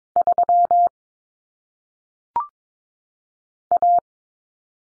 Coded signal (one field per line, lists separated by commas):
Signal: Morse code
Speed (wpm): 22 wpm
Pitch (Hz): 700 Hz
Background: none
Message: 3 A